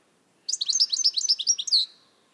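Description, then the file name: European goldfinch calls in a quick tinkling run of many high, liquid twittering notes lasting over a second, ending on a slightly longer note. "Carduelis carduelis"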